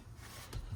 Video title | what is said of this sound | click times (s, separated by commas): How To Change Your Cabin Air Filter In A 2024+ Subaru Crosstrek | And just squeeze those and snap it back into place. | 0.5 s